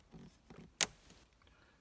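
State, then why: Seated. A glass AGC cartridge fuse is pushed by hand into the clips of an upgraded Birdman kit fuse block in a Ferrari 308. After faint handling rustles, a sharp, bright snap at 0.8 s marks the fuse seating in the clips, followed by a few soft ticks and quiet. The fuse is seated.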